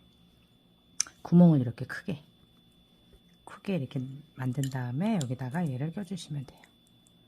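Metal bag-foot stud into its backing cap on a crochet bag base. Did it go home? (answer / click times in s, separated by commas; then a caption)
no / none. A metal bag-foot stud is handled at a widened hole in a crocheted bag base, ready to be pushed through and pressed into its backing cap. Someone talks throughout, with a sharp tap at 1.0 s and a faint one at 3.5 s. Nothing has snapped or seated yet.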